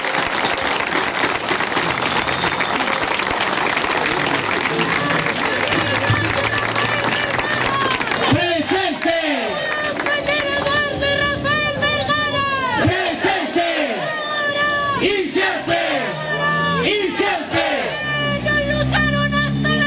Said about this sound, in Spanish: Yo les pido en este momento un gran aplauso para ustedes mismos, para darle las gracias por habernos acompañado de nuevo.